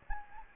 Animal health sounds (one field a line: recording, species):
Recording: mosquito wingbeat signal from an infrared sensor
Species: Anopheles gambiae